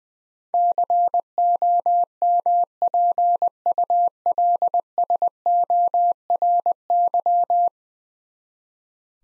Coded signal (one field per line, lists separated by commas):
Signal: Morse code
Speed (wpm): 20 wpm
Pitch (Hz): 700 Hz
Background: none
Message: COMPULSORY